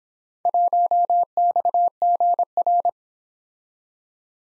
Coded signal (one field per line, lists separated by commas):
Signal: Morse code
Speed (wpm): 28 wpm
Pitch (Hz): 700 Hz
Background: none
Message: 1XGR